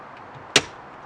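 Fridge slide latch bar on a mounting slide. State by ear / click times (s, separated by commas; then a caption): seated / 0.6 s. An Iceco JP50 fridge freezer on its mounting slide, to be fitted in the back of an H3, is pushed back until the metal latch bar drops down. A single sharp, bright click sounds at 0.6 s over a quiet background. The latch locks the fridge slide in place.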